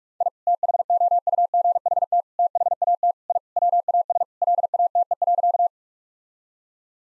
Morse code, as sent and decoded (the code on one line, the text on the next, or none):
.. / - .... --- ..- --. .... - / - .... .- - / .. / .-- .- ... / .-.. .- - . .-.-.-
I THOUGHT THAT I WAS LATE.